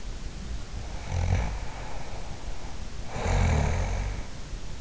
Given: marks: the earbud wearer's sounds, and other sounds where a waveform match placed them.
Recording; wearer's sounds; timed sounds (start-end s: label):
sounds in sleep by an in-ear microphone; snoring breath
0.72-4.68 s: snoring breath